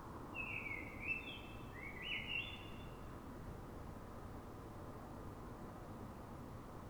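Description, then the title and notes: Common blackbird delivering two quick mellow warbled phrases, each with a squeaky high ending, followed by several seconds of low steady noise. City blackbird singing before dawn in Fuenlabrada, Madrid, Spain, so other blackbirds can hear it before human noise begins; described as a call sound; recorded with a Zoom H1n recorder. "Pl. de Francisco Escolar, 10, 28944 Fuenlabrada, Madrid, España - Sonido Reclamo de Mirlo. Mirlo cantando, es un sonido de reclamo. Normalmente los Mirlos de las ciudades cantan antes del amanecer"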